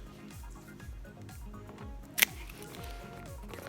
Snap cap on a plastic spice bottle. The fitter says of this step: heard that you're gonna hear a snap your bottle is gonna automatically open and